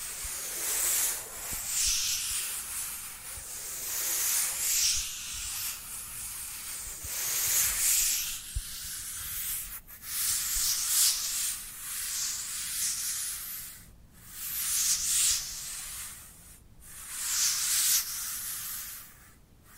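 Dry hands rub together in repeated hissy strokes, bright and scratchy, swelling and fading every second or two with brief silent gaps.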